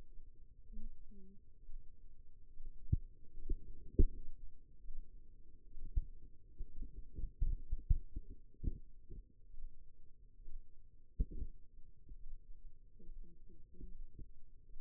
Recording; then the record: forearm muscle sounds (acoustic myography)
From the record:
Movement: rest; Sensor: system 2, bracelet of six BSWA MPA416 microphones around the upper forearm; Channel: 4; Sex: female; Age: 25 years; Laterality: right